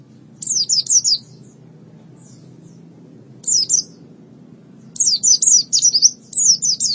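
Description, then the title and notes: White-eye giving short bursts of high, rapid down-slurred chirps, separated by pauses. "Suara kicauan burung pleci"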